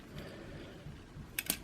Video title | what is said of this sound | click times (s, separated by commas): Super Robot Chogokin Mazin Emperor G Figure Review | Did it went in? I didn't hear a pop yet. | none